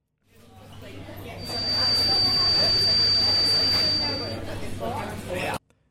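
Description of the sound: Crowd babble and rail-like rumble swell louder, and a steady high-pitched whine rises over them for about three seconds before fading. This simulates a tinnitus spike: ringing in the ears that gets worse when there is a lot of background noise, making it increasingly difficult to hear what a friend is saying.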